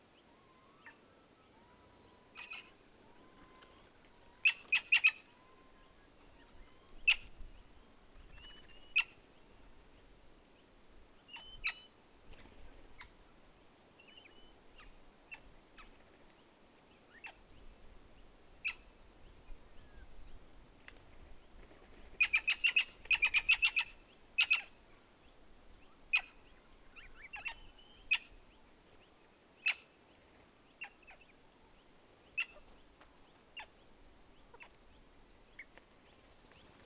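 A night recording at Menindee Lakes with many bats, insects and some Wood Ducks. Sharp clicks and short chirping calls are scattered throughout, with denser bursts near 5 seconds and between 22 and 24 seconds, over a faint low rumble.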